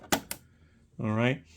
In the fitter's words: And then, you know, it locks in place. It's got this little clip.